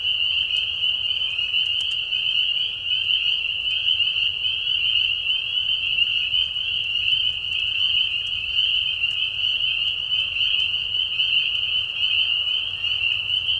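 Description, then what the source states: Spring peepers, a thick unbroken chorus of sharp high peeps. Many peepers giving mating calls in a marsh at night during a very short spring season; Tiny Marsh Conservation Area, Tiny, Ontario.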